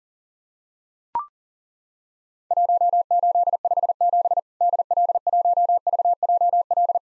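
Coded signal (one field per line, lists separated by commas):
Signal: Morse code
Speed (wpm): 40 wpm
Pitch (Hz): 700 Hz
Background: none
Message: 1857 DL1VJL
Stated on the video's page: Simulated Worked All Europe DX Contest CW QTC exchange practice at 40 wpm, with repeat requests.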